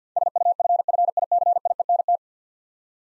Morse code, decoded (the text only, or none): SUFFICIENT